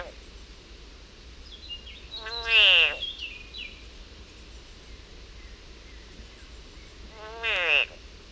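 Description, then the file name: Frog distress call: a loud, descending wailing scream, and later a second, softer one, with faint high chirps and steady background hiss. Frog in agony. "agony of a frog"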